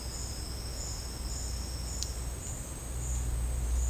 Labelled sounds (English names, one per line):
none